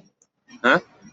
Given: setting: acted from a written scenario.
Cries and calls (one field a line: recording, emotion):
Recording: vocal sound without words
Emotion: confusion